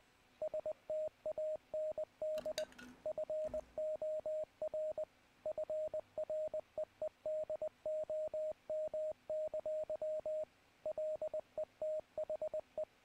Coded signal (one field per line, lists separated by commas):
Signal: Morse code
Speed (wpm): 20 wpm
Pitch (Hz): 620 Hz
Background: radio noise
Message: STAND FOR FREEDOM! LETHE